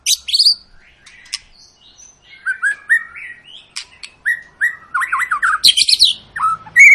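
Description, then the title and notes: White-rumped shama song: a rich, varied run of whistled notes, slurred rising and falling phrases and sharp chirps, delivered in quick bursts with short pauses between. Long lure recording of a shama singing vigorously (gacor), used to prompt other birds to sing. "Murai Batu Gacor Panjang. muraiku"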